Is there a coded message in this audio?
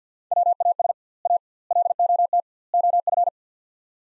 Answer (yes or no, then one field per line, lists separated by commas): yes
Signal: Morse code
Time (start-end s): 0.3-3.3 s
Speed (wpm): 47 wpm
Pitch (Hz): 700 Hz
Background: none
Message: WAS A LOT OF